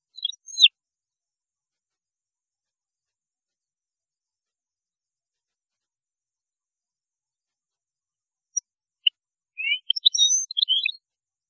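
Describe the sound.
European goldfinch song: a short high twitter at the start, a long pause, then a rapid tinkling phrase of chirps and trills near the end.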